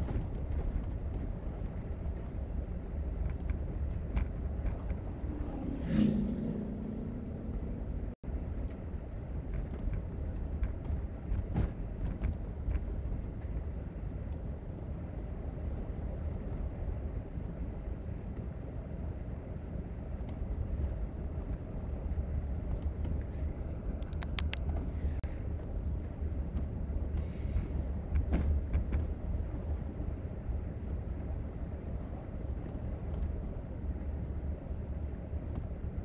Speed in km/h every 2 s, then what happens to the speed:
44, 44, 44, 45, 45, 48, 50, 52, 52, 53, 55, 53, 55, 55, 53, 55, 53, 53.
0-6 steady at about 44. 6-16 speeds up to 52. 16-36 steady at about 53.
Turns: none.